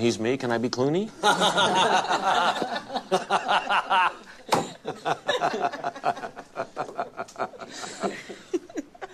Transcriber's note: laughter